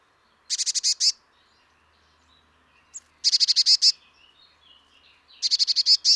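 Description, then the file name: Eurasian blue tit uttering a rapid churring series of sharp notes, repeated three times, with a faint high chip in between. "Cyanistes caeruleus"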